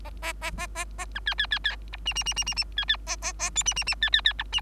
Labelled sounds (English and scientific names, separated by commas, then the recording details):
Bengalese Finch (Lonchura striata domestica) song
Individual Bird3